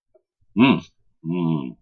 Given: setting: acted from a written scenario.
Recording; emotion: vocal sound without words; relief